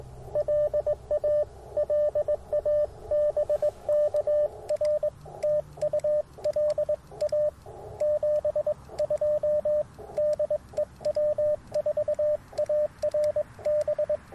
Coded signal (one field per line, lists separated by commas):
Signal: Morse code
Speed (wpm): 22 wpm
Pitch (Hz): 590 Hz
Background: radio noise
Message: LA LA BK R TU LA 72 DE W4ARB